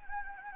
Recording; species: mosquito wingbeat signal from an infrared sensor; Anopheles gambiae